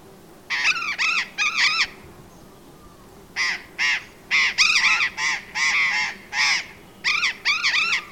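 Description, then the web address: Burrowing parrot calls: a quick run of three harsh squawks, a short pause, then a long busy series of loud grating screeches. "parrots cyanoliseus-patagonus"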